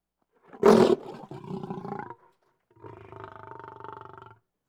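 Lion growling: a sudden loud harsh burst, then a raspy rumbling growl, a pause, and a second steadier, lower growl lasting over a second.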